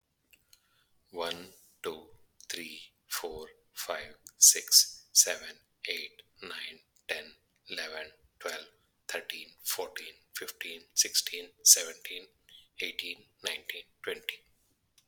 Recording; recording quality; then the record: counting at a normal pace; excellent, no background noise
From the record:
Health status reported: healthy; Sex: male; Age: 47 years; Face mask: not worn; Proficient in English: yes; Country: India